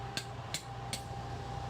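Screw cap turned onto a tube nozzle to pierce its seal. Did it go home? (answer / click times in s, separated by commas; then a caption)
yes / 0.2 s, 0.5 s, 0.9 s. A screw cap is turned onto a tube's sealed nozzle so its spike pierces the seal, producing three short, sharp clicks at 0.2, 0.5 and 0.9 seconds over a steady low background hum. The cap seats and the nozzle is punctured.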